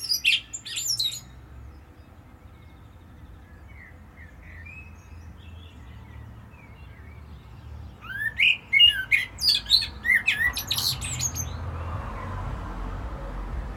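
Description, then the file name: Common blackbird song: a high twittering end of a phrase at the start, soft notes in between, then a full phrase of fluting whistles and shrill twitters. "Turdus merula"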